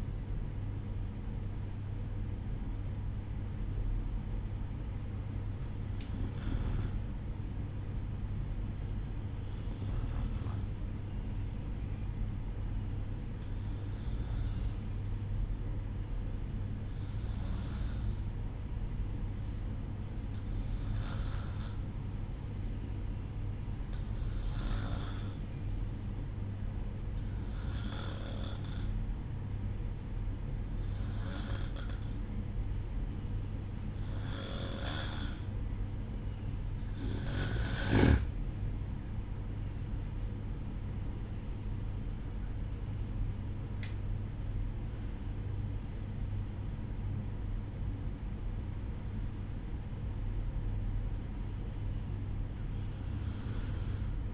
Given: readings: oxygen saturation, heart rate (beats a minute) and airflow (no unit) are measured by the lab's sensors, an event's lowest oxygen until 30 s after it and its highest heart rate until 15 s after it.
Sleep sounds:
breathing in sleep by a smartphone at the bedside; 1
5.00-36.60 s: hypopnea (N2, oxygen 96% highest, then 91% lowest, heart rate 61 at the start, 68 highest)
47.00-54.34 s: new sleep stage, N1 (lightest sleep)
From the record:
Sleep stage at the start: N2 (light sleep); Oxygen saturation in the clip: 91 to 96%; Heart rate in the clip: 61 to 68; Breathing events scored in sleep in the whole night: 305 in 9.6 hours asleep

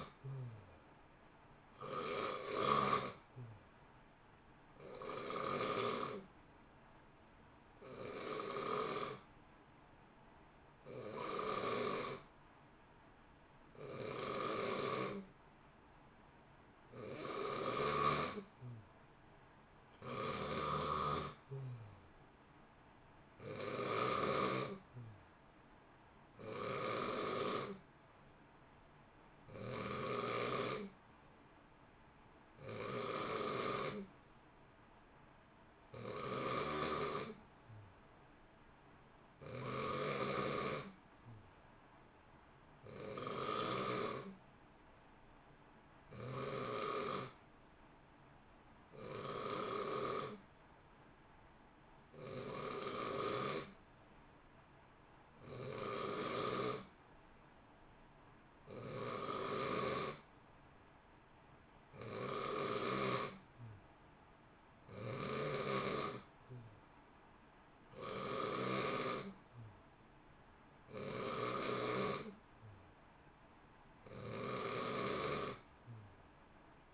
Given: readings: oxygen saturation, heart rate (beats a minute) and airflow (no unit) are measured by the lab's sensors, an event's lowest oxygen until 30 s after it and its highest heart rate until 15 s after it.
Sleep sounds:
breathing in sleep by a voice recorder at the bedside; none
none scored
From the record:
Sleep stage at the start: N2 (light sleep); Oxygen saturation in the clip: 86 to 91%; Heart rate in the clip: 58 to 65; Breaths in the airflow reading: 22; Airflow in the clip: -0.9 to 1.0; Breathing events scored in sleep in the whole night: 328 in 6.3 hours asleep

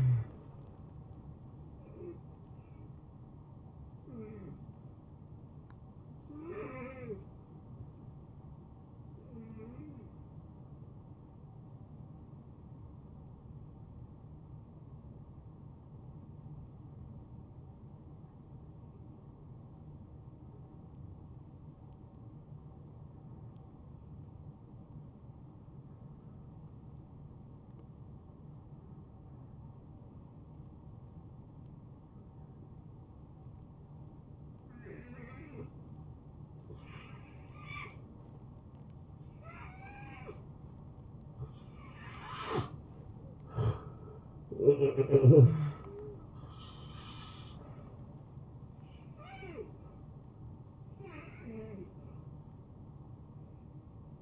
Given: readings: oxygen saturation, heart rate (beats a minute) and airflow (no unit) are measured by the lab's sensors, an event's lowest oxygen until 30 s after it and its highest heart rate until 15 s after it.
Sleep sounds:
breathing in sleep by a smartphone at the bedside; 1
11.00-41.60 s: hypopnea (N1, oxygen 93% highest, then 79% lowest, heart rate 76 at the start, 80 highest)
23.00-53.00 s: new sleep stage, N2 (light sleep)
53.00-54.22 s: new sleep stage, N1 (lightest sleep)
From the record:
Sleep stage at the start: N1 (lightest sleep); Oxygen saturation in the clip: 79 to 93%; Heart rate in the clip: 71 to 83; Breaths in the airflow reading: 8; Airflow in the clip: -21.9 to 8.5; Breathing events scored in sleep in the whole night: 263 in 5.5 hours asleep

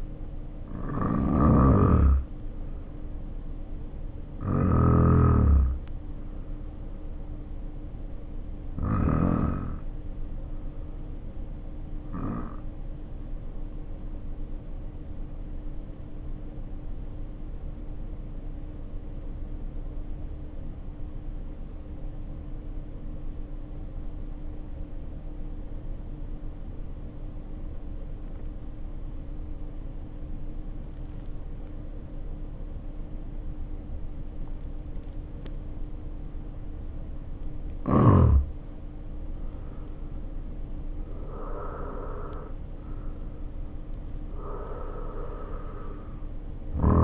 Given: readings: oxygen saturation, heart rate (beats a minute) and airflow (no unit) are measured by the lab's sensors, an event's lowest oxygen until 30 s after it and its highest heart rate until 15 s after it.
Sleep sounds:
breathing in sleep by a smartphone at the bedside; 1
9.00-37.90 s: hypopnea (N1, oxygen 95% highest, then 75% lowest, heart rate 58 at the start, 74 highest)
From the record:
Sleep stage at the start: N1 (lightest sleep); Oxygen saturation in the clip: 79 to 95%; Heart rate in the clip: 53 to 74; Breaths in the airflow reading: 7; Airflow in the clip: -4.4 to 8.6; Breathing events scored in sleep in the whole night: 520 in 7.2 hours asleep

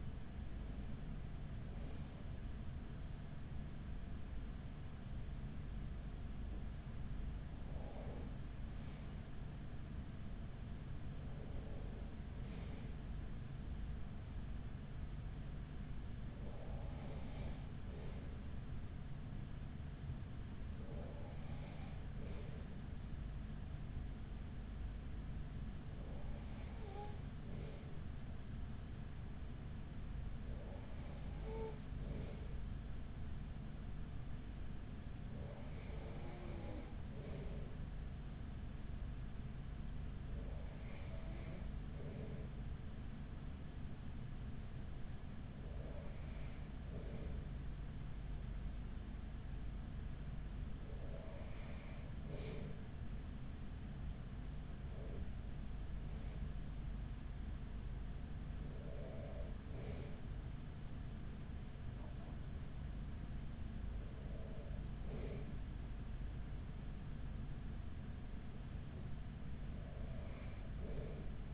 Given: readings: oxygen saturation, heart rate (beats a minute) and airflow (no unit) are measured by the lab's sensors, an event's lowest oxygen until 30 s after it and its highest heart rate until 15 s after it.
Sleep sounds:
breathing in sleep by a smartphone at the bedside; 1
37.00-56.40 s: hypopnea (N1, oxygen 95% highest, then 95% lowest, heart rate 42 at the start, 45 highest)
59.00-71.54 s: new sleep stage, N2 (light sleep)
From the record:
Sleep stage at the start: N1 (lightest sleep); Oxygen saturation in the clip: 94 to 96%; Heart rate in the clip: 37 to 70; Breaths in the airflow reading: 15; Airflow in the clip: -7.7 to 6.2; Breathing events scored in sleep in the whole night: 207 in 7.6 hours asleep

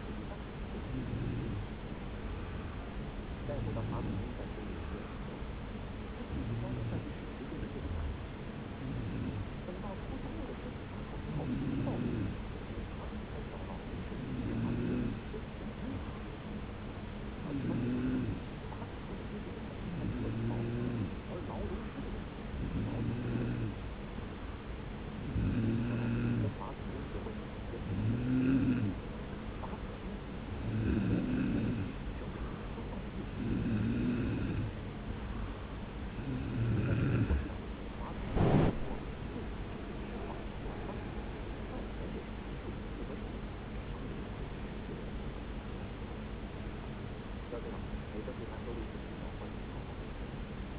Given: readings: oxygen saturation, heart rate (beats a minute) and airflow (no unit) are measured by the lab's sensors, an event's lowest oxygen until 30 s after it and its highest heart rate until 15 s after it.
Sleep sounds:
breathing in sleep by a voice recorder at the bedside; 1
8.00-34.60 s: hypopnea (N2, oxygen 94% highest, then 90% lowest)
From the record:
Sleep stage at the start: N2 (light sleep); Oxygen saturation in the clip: 90 to 94%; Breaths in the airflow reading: 20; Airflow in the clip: -2.0 to 3.6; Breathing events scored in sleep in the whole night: 335 in 6.7 hours asleep

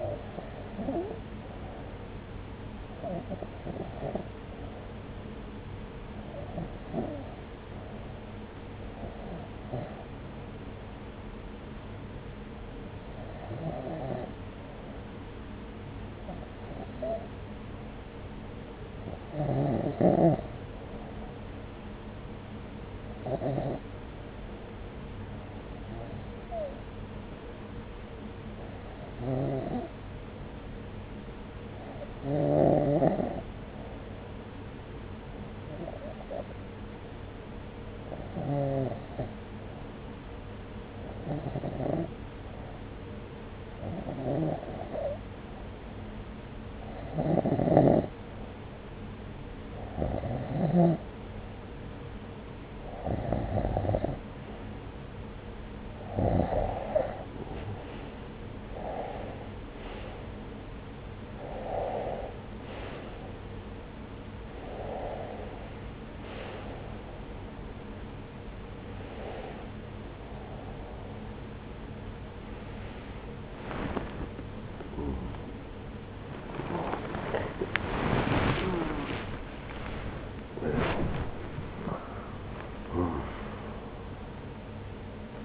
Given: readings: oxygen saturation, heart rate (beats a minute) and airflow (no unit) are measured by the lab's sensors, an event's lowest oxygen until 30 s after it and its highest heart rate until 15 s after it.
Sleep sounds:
breathing in sleep by a voice recorder at the bedside; 1
4.00-52.70 s: hypopnea (REM, oxygen 96% highest, then 92% lowest, heart rate 72 at the start, 78 highest)
61.00-85.45 s: awake
61.00-85.45 s: new sleep stage, awake
From the record:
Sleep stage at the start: REM sleep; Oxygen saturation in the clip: 92 to 96%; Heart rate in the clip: 67 to 96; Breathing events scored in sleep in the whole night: 303 in 8.1 hours asleep

